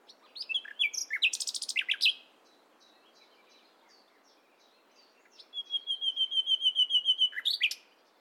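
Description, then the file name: Common nightingale singing a fast rattling burst of notes, a pause, then a long series of pure repeated whistles swelling steadily louder before a final flourish. "Luscinia megarhynchos"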